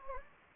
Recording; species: mosquito wingbeat signal from an infrared sensor; Anopheles gambiae